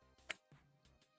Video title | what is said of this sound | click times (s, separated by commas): Building Another Budget AM4 Gaming PC Plus Q&A | push it all the way in there till you hear the snap. | 0.3 s